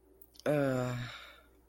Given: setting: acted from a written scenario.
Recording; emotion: vocal sound without words; contempt